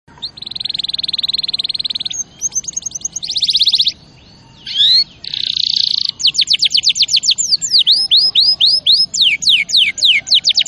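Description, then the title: Canary delivering a long buzzy roll, short trills, a brief silence, then fast sweeping notes and repeated downward-curving whistles. Champion canary song used as a tutor recording (masteran) for training other birds. "Masteran Kenari Juara"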